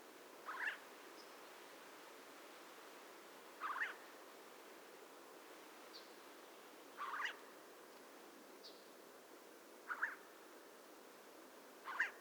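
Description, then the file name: Eurasian jay calls: short, harsh notes repeated roughly every three seconds, five in all, with a few faint, thin, high chirps between them against a quiet background hiss. "Garrulus glandarius"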